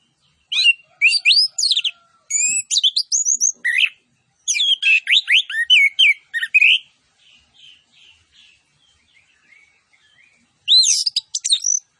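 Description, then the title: Orange-headed thrush singing long runs of fast, high, twisting whistles and chattering notes, with a softer trill and brief pause before another bright burst. Song with full fill-in phrases and cililin-style bursts, used for training. "Anis Kembang Gacor. MASTERAN ANIS KEMBANG ISIAN FULL DENGAN TEMBAKAN CILILIN"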